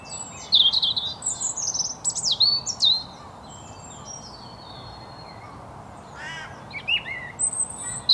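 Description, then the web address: European robin singing varied high phrases of sweet whistles, sharp downslurs and quick trills, with a longer pause midway before softer phrases resume; faint hiss underneath. "SETE data Erithacus rubecula"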